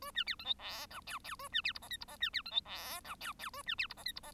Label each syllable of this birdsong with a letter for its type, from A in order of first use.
A B C D E F G H H A B C I J K I J B C D E F G H H A B C I J K I J